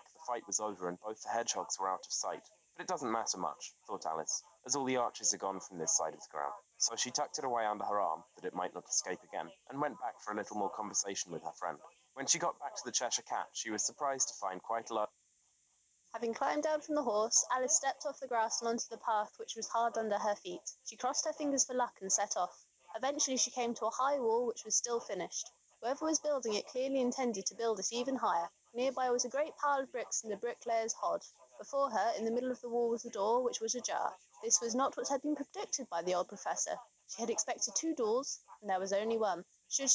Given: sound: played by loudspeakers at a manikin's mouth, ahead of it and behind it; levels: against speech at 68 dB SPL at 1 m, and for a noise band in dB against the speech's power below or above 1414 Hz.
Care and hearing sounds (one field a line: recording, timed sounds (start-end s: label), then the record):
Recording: test signals for a remote microphone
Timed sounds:
0.00-15.05 s: man speaking, babble ahead at +6 dB SNR for speech at 1 m
16.05-39.95 s: woman speaking, babble ahead at +6 dB SNR for speech at 1 m
From the record:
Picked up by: remote microphone B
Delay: 24 ms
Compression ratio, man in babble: 1.70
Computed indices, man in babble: HASPI 0.999, HASQI 0.276 (non-linear 0.326, linear 0.847), ESTOI 0.728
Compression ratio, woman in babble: 1.71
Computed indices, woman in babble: HASPI 0.957, HASQI 0.352 (non-linear 0.409, linear 0.859), ESTOI 0.804